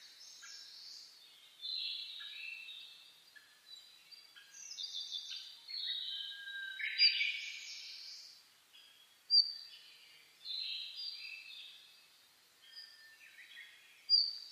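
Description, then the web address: Several birds singing at dawn, scattered high chirps, short warbled phrases and sharp bright notes, with brief pauses between louder bursts. Dawn chorus (reimei) birdsong recorded on 10 May 2010. "sounds data 2010 reimei DH-D 50-saezuri-20100510-0401"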